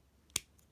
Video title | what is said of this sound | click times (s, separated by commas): Transformers Siege Deluxe Class Red Alert Review | that'll pop into place there | 0.4 s